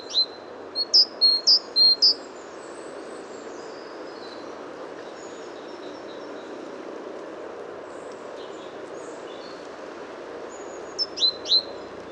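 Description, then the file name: Great tit giving a short run of high, sharp two-part notes at the start and a brief burst near the end, with mostly steady hiss between. "Parus major"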